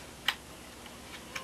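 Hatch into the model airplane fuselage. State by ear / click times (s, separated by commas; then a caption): seated / 0.3 s. A wooden tongue-and-groove hatch is pressed home into the bottom of a model Spitfire fuselage, snapping into place with a sharp, bright click at 0.3 s. A fainter tick follows at 1.4 s over quiet background, and the hatch is seated.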